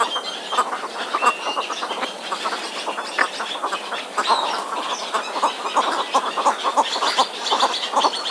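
Many birds clucking and squawking together, a continuous jumble of short harsh calls.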